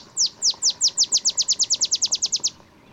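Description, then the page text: Olive sparrow song: quick downslurred chips, running from a moderate pace into a rapid trill. Olive sparrow singing in the early morning in Texas, 50 miles north of the Mexican border; simple songs reminiscent of a field sparrow's bouncing-ball song, though less mellow or melancholy. "songs Olive Sparrow. Recording early morning just 50 miles north of the Mexican border in Texas. Birdsong for the Curious Naturalist"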